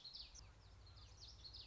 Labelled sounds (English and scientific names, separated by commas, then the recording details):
Common Yellowthroat (Geothlypis trichas)
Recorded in Sonoma County, California